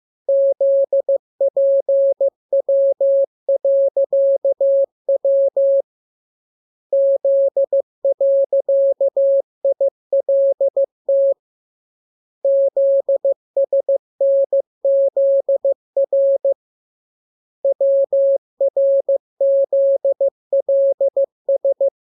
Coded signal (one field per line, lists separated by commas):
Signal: Morse code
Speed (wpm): 15 wpm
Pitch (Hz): 550 Hz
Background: none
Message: ZPW.W Z.ILT ZSNZR WRZLS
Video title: Learning Morse Code. Lesson 15. Letter KMURESNAPTLWI.JZ